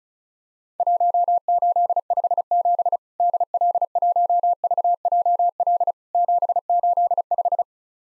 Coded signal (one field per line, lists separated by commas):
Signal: Morse code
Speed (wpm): 34 wpm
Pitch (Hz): 700 Hz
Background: none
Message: 1857 DL1VJL 785